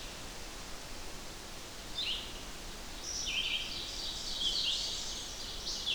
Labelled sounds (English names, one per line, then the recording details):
Red-eyed Vireo song
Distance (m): 20 m
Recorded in boreal forest in Alberta, Canada, on 8 June 2016 at 05:18
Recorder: SongMeter 3, array SBT-3-9
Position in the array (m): 98 m, 92 m